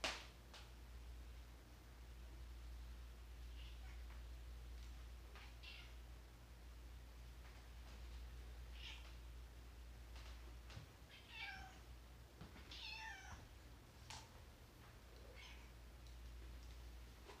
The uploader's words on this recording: Cat sounds. Pet sitting a cat.